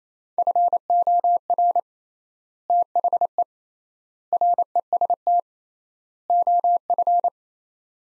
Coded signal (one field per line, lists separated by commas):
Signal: Morse code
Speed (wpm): 28 wpm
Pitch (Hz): 700 Hz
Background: none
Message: FOR THE REST OF